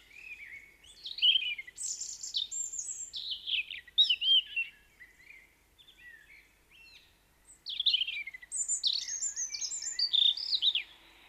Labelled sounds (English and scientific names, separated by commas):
European Robin (Erithacus rubecula) song